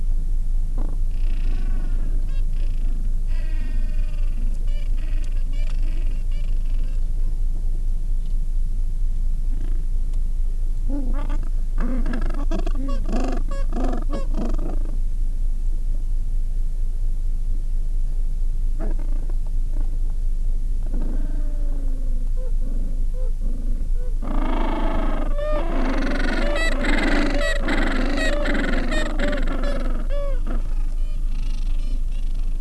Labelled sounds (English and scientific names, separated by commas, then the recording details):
Gentoo Penguin (Pygoscelis papua)
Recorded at the colony at Selvic Cove, Antarctica, on 13 December 2015
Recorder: Song Meter SM2+